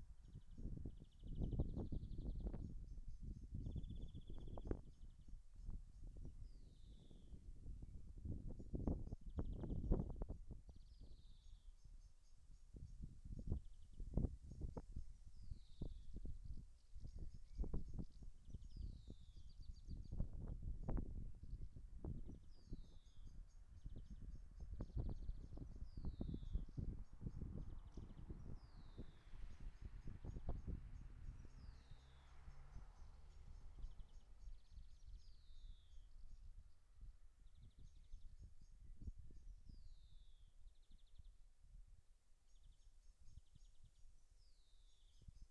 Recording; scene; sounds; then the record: everyday scene through a hearing-aid microphone; wind on the microphone; wind, traffic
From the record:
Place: in front of a rural house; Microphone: behind the ear, left, front